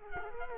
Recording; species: mosquito wingbeat signal from an infrared sensor; Culex quinquefasciatus